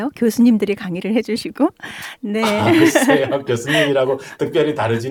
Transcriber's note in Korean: 웃음